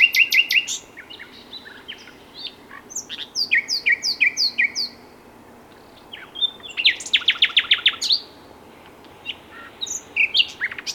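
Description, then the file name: Common nightingale song with rapid rattles, repeated descending whistles in quick series and loud chattering bursts, separated by short pauses. "Luscinia megarhynchos"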